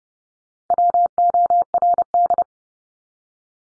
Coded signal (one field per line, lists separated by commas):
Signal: Morse code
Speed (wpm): 30 wpm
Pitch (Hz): 700 Hz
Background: none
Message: WORD